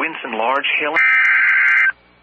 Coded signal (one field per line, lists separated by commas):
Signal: Emergency Alert System (SAME) tones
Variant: header bursts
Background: speech